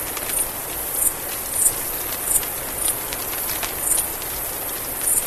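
Mexican free-tailed bat calls: brief high chirps repeated roughly every half second to second, over a steady hiss with scattered faint clicks.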